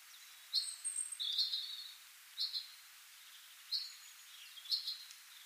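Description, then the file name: Common chaffinch giving short, sharp high chirps, four or five spaced calls over five seconds with a faint thin whistle above, against a steady hiss. "Fringilla coelebs"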